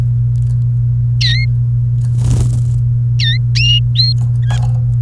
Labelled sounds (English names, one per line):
Domestic Canary song